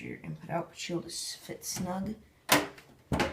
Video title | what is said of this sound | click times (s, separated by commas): How To Build My 2014 Budget PC: "Speed Demon" | and then it gives you a little satisfying click when it pops in | 2.5 s